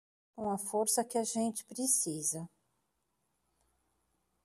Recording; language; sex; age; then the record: spoken sentence; Brazilian Portuguese; female; 60 to 69 years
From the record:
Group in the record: control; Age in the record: 61 years